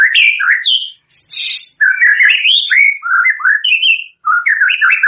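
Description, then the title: White-rumped shama song of bright, varied whistled phrases in quick bursts separated by short silences, with a harsher buzzy note early on. Lure song used for trapping (pikat); lively singing bird (gacor). "PANCINGAN MURAI BATU GACOR"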